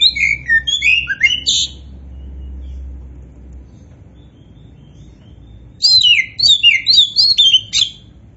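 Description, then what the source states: Oriental magpie-robin song in two phrases of quick, jumbled whistles and harsh notes, about four seconds of quiet between them; low hum. Kacer poci type, singing vigorously ('gacor').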